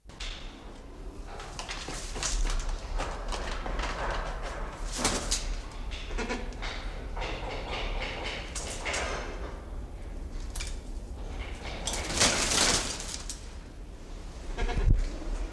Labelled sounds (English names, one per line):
Choco Toucan